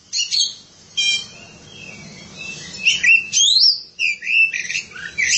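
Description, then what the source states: Oriental magpie-robin singing a rich medley of sweet rising and falling whistles, buzzy trills and sharp chips, with a soft steady hum in the background. Song of the kacer.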